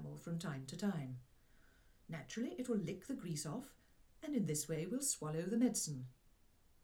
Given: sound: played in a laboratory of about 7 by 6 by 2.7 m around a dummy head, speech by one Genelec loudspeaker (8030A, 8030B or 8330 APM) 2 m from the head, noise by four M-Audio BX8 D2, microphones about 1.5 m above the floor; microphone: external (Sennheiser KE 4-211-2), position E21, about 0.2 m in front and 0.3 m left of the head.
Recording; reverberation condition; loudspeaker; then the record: female speech in English; low; 30 degrees to the right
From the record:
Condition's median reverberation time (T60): about 310 ms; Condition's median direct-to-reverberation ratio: about 3.5 dB